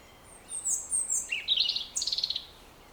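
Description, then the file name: European robin giving a high, thin sequence: a falling whistle, then scratchy warbled notes and a rapid buzzy trill near the end, over a quiet background. "Erithacus rubecula"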